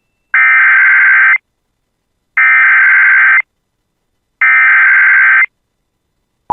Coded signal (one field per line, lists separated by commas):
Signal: Emergency Alert System (SAME) tones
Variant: header bursts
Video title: [EAS] Severe Thunderstorm Watch for the Bemidji Area (6/26/25)